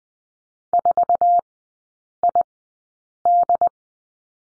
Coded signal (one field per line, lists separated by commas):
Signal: Morse code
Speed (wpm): 20 wpm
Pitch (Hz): 700 Hz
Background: none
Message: 4ID